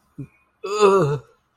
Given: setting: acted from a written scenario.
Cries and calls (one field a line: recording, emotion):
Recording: vocal sound without words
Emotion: disgust